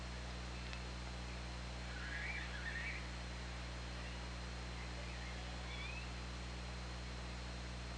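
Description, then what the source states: Orca vocalisations, a burst of rough pulsed squeals around the middle, then a brief rising whistle, over constant hiss and deep steady hum. Recorded on the OrcaLab hydrophone on 2017-08-24 at 13:13:14.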